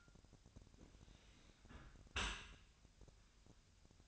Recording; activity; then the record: daily activity, microphone in the room; close dishwasher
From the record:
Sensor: 2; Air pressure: 1006.5 hPa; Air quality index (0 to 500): 202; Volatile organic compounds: 14 ppm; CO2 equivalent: 2477 ppm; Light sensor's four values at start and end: 9/21/9/9 and 9/21/9/9